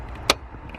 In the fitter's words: there you go you hear that click